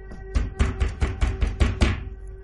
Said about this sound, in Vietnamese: Rốt cuộc thì âm thanh cũng đã ngừng trước cửa phòng tắm, tiếng đập cửa lại vang lên một cách mạnh hơn.